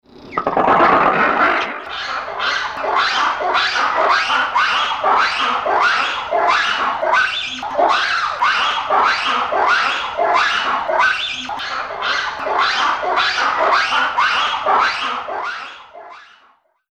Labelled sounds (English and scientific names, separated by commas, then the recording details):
Black-and-white Ruffed Lemur (Varecia variegata)
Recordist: Tembrock, Günter
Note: Rufe einer Gruppe